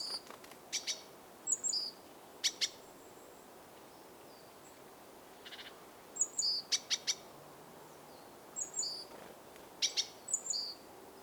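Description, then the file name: Great tit calls: short buzzy, rasping bursts scattered throughout, mixed with thin high chirps, over a steady faint background hiss. "Parus major"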